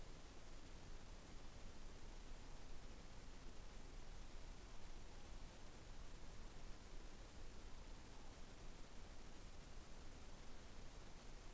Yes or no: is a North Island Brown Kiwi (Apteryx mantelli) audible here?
no